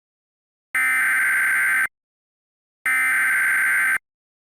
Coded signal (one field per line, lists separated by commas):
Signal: Emergency Alert System (SAME) tones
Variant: header bursts